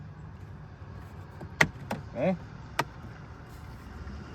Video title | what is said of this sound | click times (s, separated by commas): Subaru cabin air filter change - 2021 forester | then you're going to push it back to the driver's side till it clicks. Click. | 1.6 s